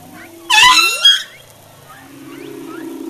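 Humpback whale sound: one brief, harsh harmonic cry, followed by faint low moans and soft chirps.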